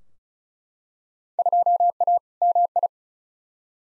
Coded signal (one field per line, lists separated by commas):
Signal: Morse code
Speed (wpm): 36 wpm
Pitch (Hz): 700 Hz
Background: none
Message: 2A MI